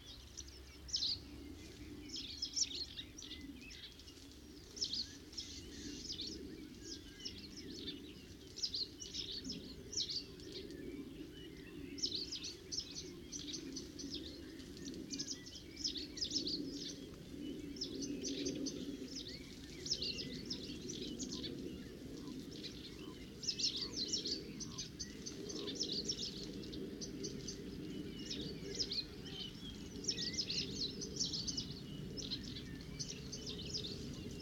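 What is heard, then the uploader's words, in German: A huge flock of starlings, perhaps a thousand birds, chatters in a clay pit. Shrill, crackling calls pour out continuously in dense overlapping bursts, over a steady low rumbling murmur of the massed flock that hardly changes across the whole recording. Stare in der Lehmgrube Marloffstein (am Abend; Kopfhörerfassung). Eine Kunstkopfaufnahme con vielleicht 1000 Staren.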